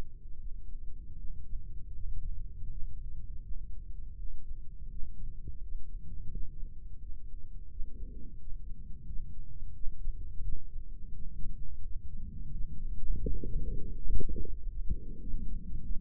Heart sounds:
heart sounds by microphone in the right ear; 85 bpm
0.39 s: heartbeat
1.17 s: heartbeat
1.94 s: heartbeat
2.70 s: heartbeat
3.43 s: heartbeat
4.17 s: heartbeat
4.90 s: heartbeat
5.62 s: heartbeat
6.31 s: heartbeat
7.01 s: heartbeat
7.70 s: heartbeat
8.39 s: heartbeat
9.06 s: heartbeat
9.74 s: heartbeat
10.43 s: heartbeat
11.13 s: heartbeat
11.82 s: heartbeat
12.51 s: heartbeat
13.21 s: heartbeat
13.91 s: heartbeat
14.56 s: heartbeat
15.20 s: heartbeat
15.83 s: heartbeat
From the record:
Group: healthy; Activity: rest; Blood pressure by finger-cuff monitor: 128/71 mmHg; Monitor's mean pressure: 86 mmHg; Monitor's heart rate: 87 bpm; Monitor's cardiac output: 8.6 L/min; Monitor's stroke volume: 101 mL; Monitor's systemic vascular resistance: 740 dyn s/cm5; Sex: male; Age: 57 years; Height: 188 cm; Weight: 106 kg

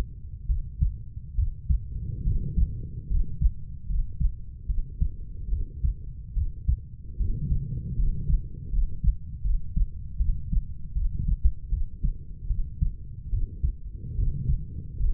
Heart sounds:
heart sounds by stethoscope; 74 bpm
0.47 s: heartbeat
1.36 s: heartbeat
2.24 s: heartbeat
3.08 s: heartbeat
3.87 s: heartbeat
4.67 s: heartbeat
5.50 s: heartbeat
6.34 s: heartbeat
7.18 s: heartbeat
7.96 s: heartbeat
8.71 s: heartbeat
9.43 s: heartbeat
10.18 s: heartbeat
10.94 s: heartbeat
11.70 s: heartbeat
12.48 s: heartbeat
13.30 s: heartbeat
14.16 s: heartbeat
14.98 s: heartbeat
From the record:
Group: healthy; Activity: rest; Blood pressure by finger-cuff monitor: 129/49 mmHg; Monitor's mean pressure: 77 mmHg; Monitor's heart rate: 73 bpm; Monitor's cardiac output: 10.1 L/min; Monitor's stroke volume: 134 mL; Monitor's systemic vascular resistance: 560 dyn s/cm5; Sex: female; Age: 32 years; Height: 168 cm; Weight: 61.9 kg

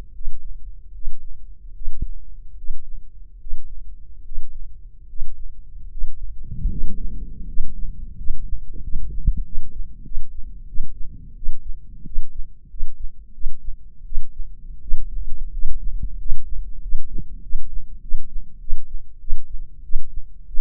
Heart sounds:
heart sounds by microphone in the left ear; 86 bpm
0.12 s: heartbeat
0.92 s: heartbeat
1.73 s: heartbeat
2.55 s: heartbeat
3.38 s: heartbeat
4.23 s: heartbeat
5.07 s: heartbeat
5.89 s: heartbeat
6.68 s: heartbeat
7.46 s: heartbeat
8.15 s: heartbeat
8.81 s: heartbeat
9.43 s: heartbeat
10.03 s: heartbeat
10.66 s: heartbeat
11.34 s: heartbeat
12.04 s: heartbeat
12.68 s: heartbeat
13.32 s: heartbeat
14.04 s: heartbeat
14.80 s: heartbeat
15.51 s: heartbeat
16.17 s: heartbeat
16.80 s: heartbeat
17.41 s: heartbeat
18.00 s: heartbeat
18.59 s: heartbeat
19.19 s: heartbeat
19.82 s: heartbeat
20.46 s: heartbeat
From the record:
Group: healthy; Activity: Valsalva maneuver 0-7 s, rest 7-21 s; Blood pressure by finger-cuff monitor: 147/101 mmHg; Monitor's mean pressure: 114 mmHg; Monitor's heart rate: 88 bpm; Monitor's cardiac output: 7.4 L/min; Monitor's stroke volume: 85 mL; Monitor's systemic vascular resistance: 1200 dyn s/cm5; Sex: male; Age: 23 years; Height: 179 cm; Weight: 87 kg

